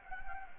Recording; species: mosquito wingbeat signal from an infrared sensor; Anopheles gambiae